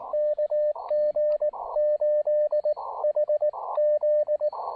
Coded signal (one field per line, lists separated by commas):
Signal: Morse code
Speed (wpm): 16 wpm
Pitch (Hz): 590 Hz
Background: radio noise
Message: KG8HZ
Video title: Taking the KM4ACK 40 meter EFHW on its maiden QRP field activation!